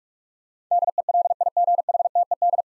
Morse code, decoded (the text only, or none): DELIGHTED